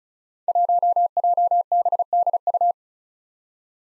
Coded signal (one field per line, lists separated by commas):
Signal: Morse code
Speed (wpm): 36 wpm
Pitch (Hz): 700 Hz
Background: none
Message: 1JBDU